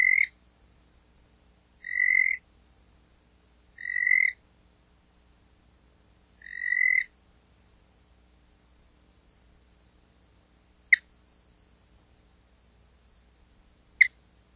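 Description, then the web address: Spotted chirping frog calling with four longer, clear chirps about two seconds apart, then two sharp short clicks; otherwise quiet. "Songs of Frogs Toads of North America. Spotted Chirping Frog"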